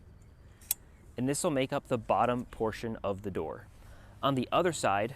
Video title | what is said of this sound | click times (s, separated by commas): Beak Boutique with Chicken Run Extension | so our hinge will snap right into place | 0.7 s